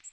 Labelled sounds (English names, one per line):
Magnolia Warbler flight call